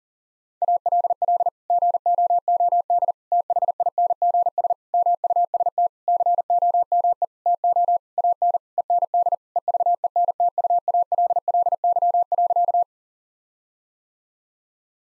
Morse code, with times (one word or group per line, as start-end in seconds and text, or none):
0.6-1.5 ALL
1.7-3.1 GOOD
3.3-4.7 THINGS
4.9-5.9 MUST
6.1-7.2 COME
7.5-8.0 TO
8.2-8.6 AN
8.8-9.3 END
9.6-12.8 EVENTUALLY.